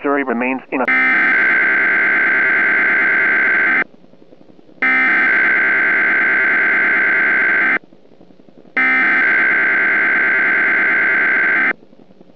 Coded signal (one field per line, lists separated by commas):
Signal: Emergency Alert System (SAME) tones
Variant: header bursts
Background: speech